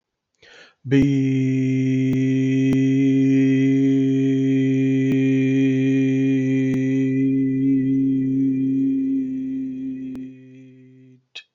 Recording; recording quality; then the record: sustained vowel as in beet; excellent, no background noise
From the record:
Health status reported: healthy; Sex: male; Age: 37 years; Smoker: no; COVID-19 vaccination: both doses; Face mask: not worn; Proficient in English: yes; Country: India